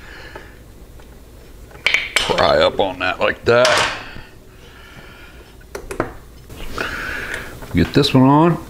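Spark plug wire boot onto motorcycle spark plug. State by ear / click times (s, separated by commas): not seated / none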